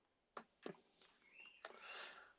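While reassembling the differential on a Traxxas Sledge RC truck, a screw being driven into the plastic of the differential/chassis gives a sharp slip at 0.4 s rather than a seating click, followed by further short ticks and a rising rustling noise. The screw never snugs up or gets tight; it is stripped out.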